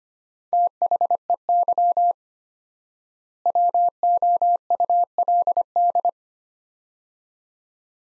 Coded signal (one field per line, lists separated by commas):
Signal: Morse code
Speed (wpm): 25 wpm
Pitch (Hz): 700 Hz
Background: none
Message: THEY WOULD